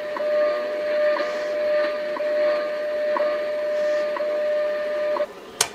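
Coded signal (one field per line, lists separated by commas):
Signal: radio time signal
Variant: WWV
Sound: steady 600 Hz tone with a short tick every second, about five ticks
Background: radio static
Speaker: I'll set the radio to 10 MHz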